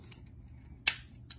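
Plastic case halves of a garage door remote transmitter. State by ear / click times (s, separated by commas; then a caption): released / 0.9 s. The plastic case halves of a LiftMaster garage door remote transmitter are pried apart at the seam by twisting the visor clip in the indent. A faint tick at 0.1 s is followed by a loud, sharp snap at 0.9 s as the clips let go, then a second, quieter snap at 1.3 s. The case comes open, and the snapping is the clips releasing, not breaking.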